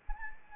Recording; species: mosquito wingbeat signal from an infrared sensor; Anopheles arabiensis